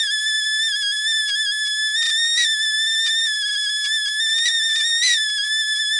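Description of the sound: A steady, high-pitched whistling tone near 1.7 kHz with fainter overtones holds for the full six seconds, wavering slightly in pitch with brief hissy flickers. This is a simulated tinnitus sound, imitating the constant ringing a person with tinnitus perceives.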